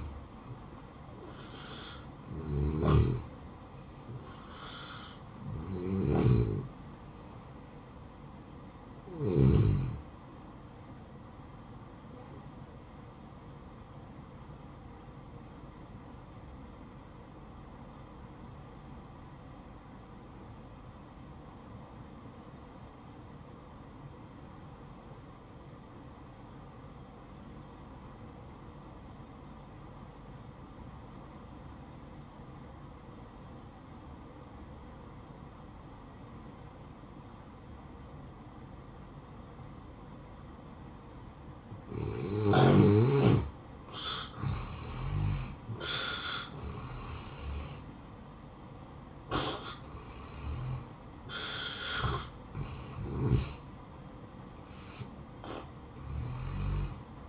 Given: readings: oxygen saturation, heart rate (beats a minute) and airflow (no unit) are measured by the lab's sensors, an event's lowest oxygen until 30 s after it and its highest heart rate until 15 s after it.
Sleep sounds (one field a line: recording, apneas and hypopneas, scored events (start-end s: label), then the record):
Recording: breathing in sleep by a smartphone at the bedside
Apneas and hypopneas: 1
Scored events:
17.00-44.80 s: obstructive apnea (N1, oxygen 96% highest, then 85% lowest, heart rate 62 at the start, 76 highest)
From the record:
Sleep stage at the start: N1 (lightest sleep)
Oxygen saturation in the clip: 84 to 96%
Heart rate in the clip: 59 to 76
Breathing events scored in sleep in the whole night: 573 in 9.8 hours asleep